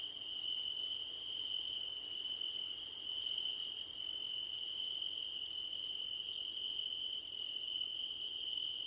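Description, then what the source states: Steady high cricket trill with a second, higher cricket calling in pulsed bursts separated by brief pauses. Crickets at night under a starlit sky.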